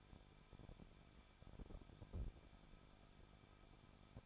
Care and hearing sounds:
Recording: daily activity, microphone in the room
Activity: no activity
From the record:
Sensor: 5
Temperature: 20.8 degrees Celsius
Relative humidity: 38.6%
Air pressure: 1006.5 hPa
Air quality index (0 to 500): 192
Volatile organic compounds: 21 ppm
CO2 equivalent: 2720 ppm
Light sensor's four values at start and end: 2/3/1/1 and 2/3/1/1

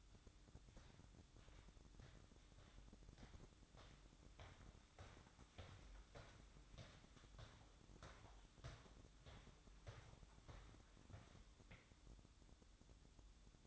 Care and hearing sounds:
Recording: daily activity, microphone in the room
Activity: walk to room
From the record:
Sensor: 3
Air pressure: 1008.2 hPa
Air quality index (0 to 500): 131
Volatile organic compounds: 2 ppm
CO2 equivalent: 1090 ppm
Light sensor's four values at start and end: 12/27/11/11 and 10/24/10/10

